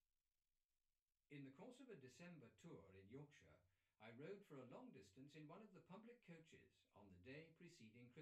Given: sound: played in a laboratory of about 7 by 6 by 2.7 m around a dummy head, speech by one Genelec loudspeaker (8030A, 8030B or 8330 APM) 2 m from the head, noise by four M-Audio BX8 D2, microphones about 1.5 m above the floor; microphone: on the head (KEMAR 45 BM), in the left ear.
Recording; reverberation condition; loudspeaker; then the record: male speech in English; low; 120 degrees to the right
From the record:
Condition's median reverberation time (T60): about 310 ms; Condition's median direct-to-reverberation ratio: about 3.5 dB